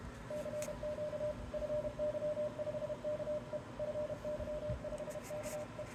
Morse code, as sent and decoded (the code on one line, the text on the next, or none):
-.-. --.- / ..-. -.-- ..... -.- . / ..-. -.-- ..... -.- .
CQ FY5KE FY5KE